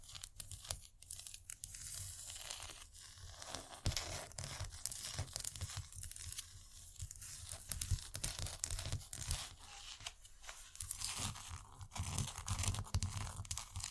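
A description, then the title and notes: Scratchy tapping runs continuous, with dense crinkly, tearing-like scrapes filling the bright upper range. Sharp taps and clicks punctuate it every fraction of a second, over a soft low thump. Irresistible Scratchy-tapping. No Talking.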